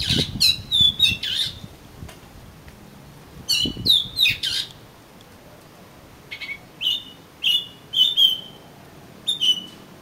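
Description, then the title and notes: Oriental magpie-robin song: quick chirpy phrases followed by slower, spaced clear whistled notes. "suara kacer. kumpulan suara burung kacer"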